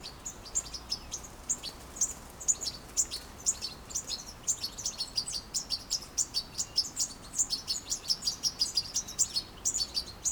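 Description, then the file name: European goldfinch calls: rapid, high twittering notes in quick irregular bursts throughout, bright tinkling chips with a faint hiss of background noise. "Carduelis carduelis"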